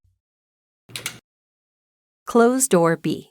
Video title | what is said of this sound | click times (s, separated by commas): Xerox® VersaLink® C625 Color Multifunction Printer Unbox and Assemble | Push the Toner Cartridge into place until it clicks. | 1.0 s